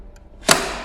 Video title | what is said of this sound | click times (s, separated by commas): ACE Battery Powered Ascender Toolbox Talk | clicks into place | 0.5 s